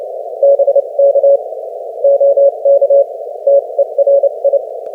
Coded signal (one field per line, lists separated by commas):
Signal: Morse code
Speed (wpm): 32 wpm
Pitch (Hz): 560 Hz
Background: none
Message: BK OK TERI